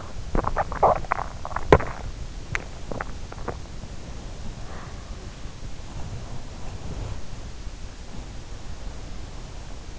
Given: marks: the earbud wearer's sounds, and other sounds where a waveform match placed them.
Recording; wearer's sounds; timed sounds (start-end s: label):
sounds in sleep by an in-ear microphone; teeth grinding
0.00-3.84 s: teeth grinding
3.84-9.99 s: sound from someone else or the room